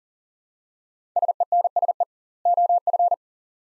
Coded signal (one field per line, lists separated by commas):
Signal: Morse code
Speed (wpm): 40 wpm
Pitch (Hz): 700 Hz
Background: none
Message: SENSE OF